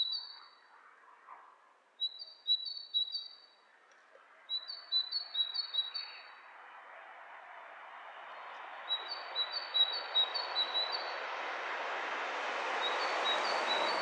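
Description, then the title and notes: Bird calls: short bursts of high, thin twittering trills in paired strands, gradually drowned by a swelling engine roar that grows louder toward the end. Two birds interacting with each other; lo-fi recording. "bird dialogs. lo-fi recording of two birds interacting"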